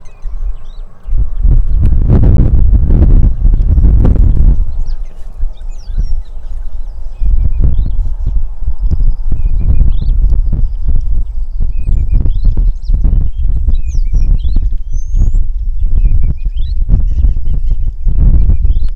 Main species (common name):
Vitelline Masked-Weaver